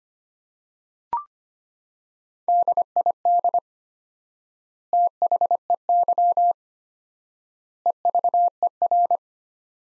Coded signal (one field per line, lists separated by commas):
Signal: Morse code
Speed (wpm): 25 wpm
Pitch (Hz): 700 Hz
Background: none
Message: DID THEY EVER